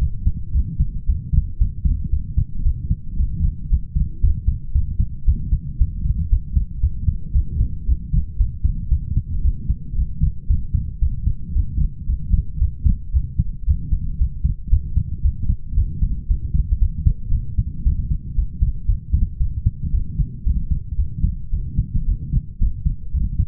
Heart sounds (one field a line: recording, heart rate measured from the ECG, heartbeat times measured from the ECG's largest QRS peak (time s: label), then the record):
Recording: heart sounds by stethoscope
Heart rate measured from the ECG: 114 bpm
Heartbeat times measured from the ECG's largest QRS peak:
0.53 s: heartbeat
1.07 s: heartbeat
1.59 s: heartbeat
2.11 s: heartbeat
2.64 s: heartbeat
3.18 s: heartbeat
3.70 s: heartbeat
4.22 s: heartbeat
4.73 s: heartbeat
5.26 s: heartbeat
5.79 s: heartbeat
6.30 s: heartbeat
6.81 s: heartbeat
7.34 s: heartbeat
7.87 s: heartbeat
8.38 s: heartbeat
8.90 s: heartbeat
9.43 s: heartbeat
9.96 s: heartbeat
10.48 s: heartbeat
11.00 s: heartbeat
11.54 s: heartbeat
12.07 s: heartbeat
12.59 s: heartbeat
13.13 s: heartbeat
13.66 s: heartbeat
14.19 s: heartbeat
14.71 s: heartbeat
15.23 s: heartbeat
15.76 s: heartbeat
16.28 s: heartbeat
16.80 s: heartbeat
17.32 s: heartbeat
17.84 s: heartbeat
18.36 s: heartbeat
18.87 s: heartbeat
19.39 s: heartbeat
19.92 s: heartbeat
20.45 s: heartbeat
20.97 s: heartbeat
21.51 s: heartbeat
22.06 s: heartbeat
22.59 s: heartbeat
23.13 s: heartbeat
From the record:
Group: healthy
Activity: light exercise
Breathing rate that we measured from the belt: 29 breaths a minute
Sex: male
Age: 22 years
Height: 181 cm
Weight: 60 kg